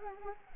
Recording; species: mosquito wingbeat signal from an infrared sensor; Anopheles arabiensis